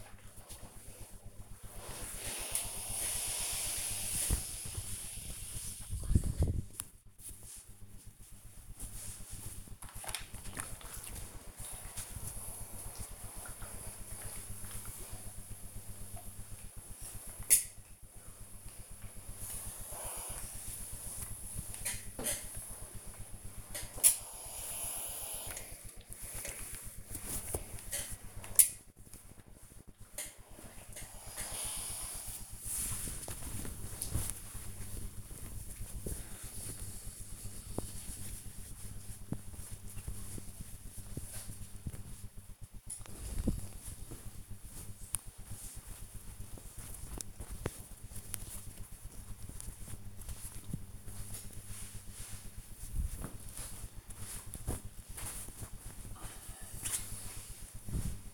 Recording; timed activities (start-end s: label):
household activities, microphone on the right wrist
0.00-53.33 s: ironing laundry